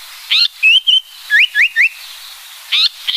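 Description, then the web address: Japanese paradise flycatcher song: a buzzy note, two level whistles, three rising whistled notes, then further buzzy notes after a short pause. "sikioto. sankoucho"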